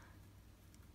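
A double cap rivet cap is pressed by hand onto the rivet post through a thick vinyl strip. Over a low, steady hum there is only faint handling noise and a brief soft tick at 0.7 s. The cap is handled but not yet home; nothing has seated or clicked yet.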